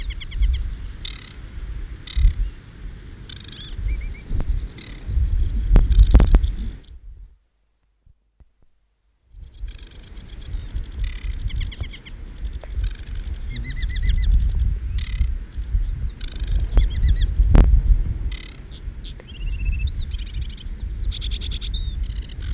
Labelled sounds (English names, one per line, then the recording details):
Aquatic Warbler song
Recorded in the wild
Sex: male
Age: adult
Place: Rietz, Havelland, Brandenburg, DE
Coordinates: 52.3722, 12.6472
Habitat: lake
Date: 1968-06-09
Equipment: Nagra III BH
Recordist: Schubert, Michael
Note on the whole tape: Rietzer See bei Brandenburg: Gesang eines Seggenrohrsängers (1 Männchen!)